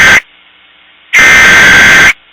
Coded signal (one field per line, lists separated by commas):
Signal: Emergency Alert System (SAME) tones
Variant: header bursts